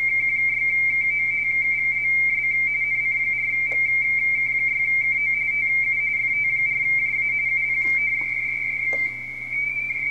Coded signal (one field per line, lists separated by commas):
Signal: RTTY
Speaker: We're currently looking at a RTTY pileup on 30 meters for Fox Tango 4 Japan Alpha from Wanda Nova. And this is a mess.